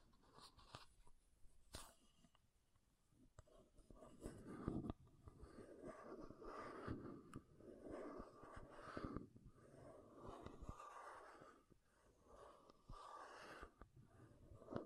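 Makeup containers being tapped and scratched, with frequent sharp clicks scattered through the whole stretch and a soft, rough scraping underneath. The texture is busy and uneven, swelling into denser scratchy passages around four to ten seconds, then thinning before picking up again near the end.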